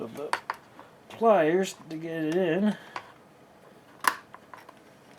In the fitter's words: Okay, that's snapped back in.